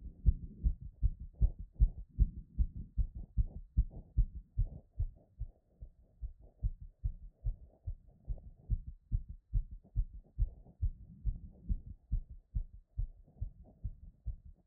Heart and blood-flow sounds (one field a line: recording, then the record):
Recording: heart sounds by stethoscope after running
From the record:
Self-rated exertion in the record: light exertion (2 of 6)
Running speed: 5 mph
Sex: female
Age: 18 years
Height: 162 cm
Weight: 62 kg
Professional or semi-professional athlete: no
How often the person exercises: 1 to 2 times a week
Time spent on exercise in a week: under 1 hour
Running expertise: no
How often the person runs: under once a week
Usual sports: walking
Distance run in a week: 2 km